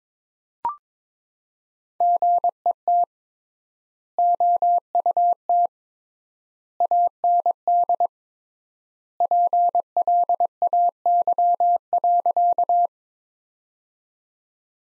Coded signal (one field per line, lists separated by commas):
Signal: Morse code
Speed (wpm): 21 wpm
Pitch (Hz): 700 Hz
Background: none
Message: GET OUT AND PLAY.